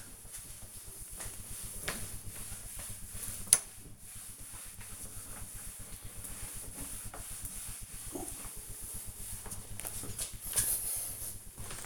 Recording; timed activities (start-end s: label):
household activities, microphone on the right wrist
0.00-11.86 s: cleaning door